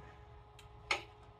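A phone is slid into the holder of a heated screen separator machine. A faint tick sounds at 0.6 s, then a sharp click at 0.9 s as the holder clicks home. The phone is seated.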